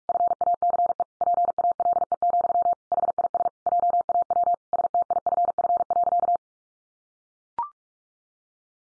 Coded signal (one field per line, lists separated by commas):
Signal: Morse code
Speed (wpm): 44 wpm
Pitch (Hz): 700 Hz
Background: none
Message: FACE PALE, HIS JAW STIFF.